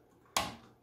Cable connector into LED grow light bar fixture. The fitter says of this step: it clicks it's in there nice and sturdy